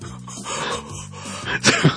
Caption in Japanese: お腹が鳴った。